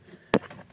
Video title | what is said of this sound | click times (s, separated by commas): Tahoe Taillight Function Mod | just plug this end to the chassis side. Get a click. Raven. Click. | 0.3 s